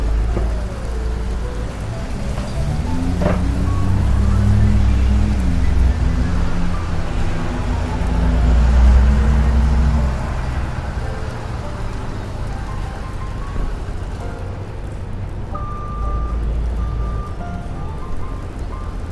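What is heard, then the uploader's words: A rainy day in New York: a steady wash of rain and street noise runs throughout under a heavy low traffic rumble. A vehicle's engine drones and swells between about two and ten seconds, with a short sharp squeal near three seconds, and faint thin whines appear later. Raining Day In New York.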